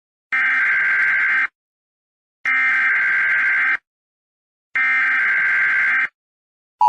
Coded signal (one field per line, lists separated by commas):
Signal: Emergency Alert System (SAME) tones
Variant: header bursts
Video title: Emergency Alert System Samara Morgan